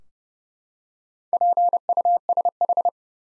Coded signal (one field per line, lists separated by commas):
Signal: Morse code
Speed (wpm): 32 wpm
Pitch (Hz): 700 Hz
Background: none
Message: PUSH